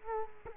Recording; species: mosquito wingbeat signal from an infrared sensor; Culex quinquefasciatus